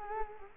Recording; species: mosquito wingbeat signal from an infrared sensor; Culex quinquefasciatus